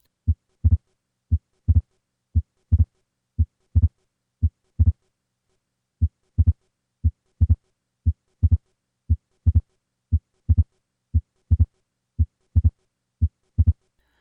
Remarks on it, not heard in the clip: Atrial Septal Defect. I will begin with the second heart sound separated by 60 milliseconds and then increase it to 80 milliseconds.